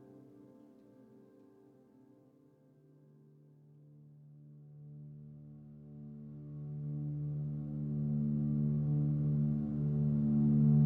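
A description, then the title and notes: Chakra tones and vibrations from what sounds like a singing bowl, a steady hum with many stacked overtones. A low, deep tone enters near the five-second mark, and the sound swells gradually louder, brighter and richer toward the end. Chakra friendly tones and vibrations.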